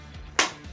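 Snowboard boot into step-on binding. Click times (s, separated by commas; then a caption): 0.4 s. A snowboard boot is pressed further into a step-on binding until it makes a second click. A sharp, bright click sounds at 0.4 s over a faint low hum, and that second click means the boot is fully and properly locked into the binding.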